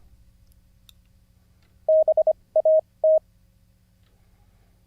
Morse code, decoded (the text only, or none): BAT